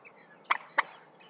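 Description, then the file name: Common moorhen uttering two abrupt, harsh notes in quick succession, over a faint background hiss. "Rorhona"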